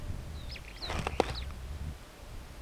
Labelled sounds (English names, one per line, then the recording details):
Superb Starling flight call
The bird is a female
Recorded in Kenya on 5 July 2010
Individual 91, of group SRB1